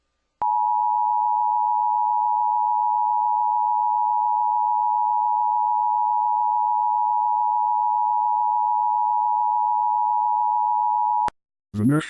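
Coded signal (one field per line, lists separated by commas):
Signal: Emergency Alert System (SAME) tones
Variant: 853 and 960 Hz attention tone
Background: speech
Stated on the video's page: Simulated EAS parody.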